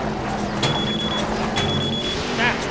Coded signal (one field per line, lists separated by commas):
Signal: none